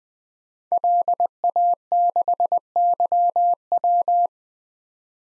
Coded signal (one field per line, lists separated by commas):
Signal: Morse code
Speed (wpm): 20 wpm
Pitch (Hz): 700 Hz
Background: none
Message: LA6YW